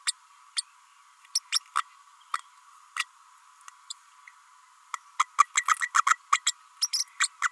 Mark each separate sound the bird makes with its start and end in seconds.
0.06-0.12, 0.56-0.61, 1.35-1.39, 1.52-1.59, 1.75-1.83, 2.33-2.39, 2.96-3.05, 3.90-3.93, 4.93-4.98, 5.19-5.25, 5.38-5.46, 5.57-5.64, 5.68-5.75, 5.95-6.03, 6.06-6.15, 6.32-6.39, 6.46-6.53, 6.81-6.89, 6.92-7.03, 7.19-7.28, 7.42-7.49